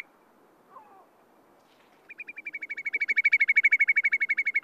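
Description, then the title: Whimbrel call: after a brief quiet stretch and a faint low note, a fast trill of whistled notes starts, grows louder, then holds steady to the end. Breeds on bogs in Finland. "Viikon luontoääni: Pikkukuovi"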